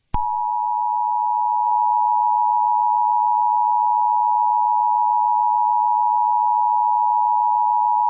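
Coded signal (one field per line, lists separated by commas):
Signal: Emergency Alert System (SAME) tones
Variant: 853 and 960 Hz attention tone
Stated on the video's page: Fictional EAS scenario about a major hurricane striking New York and New Jersey.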